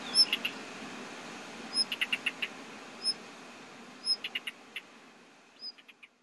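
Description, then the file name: Blue rock thrush uttering brisk bursts of dry tick notes, some preceded by a faint high whistle, with a quiet background hiss throughout. Nara, 2 June 2014. "isohiyo nara mju"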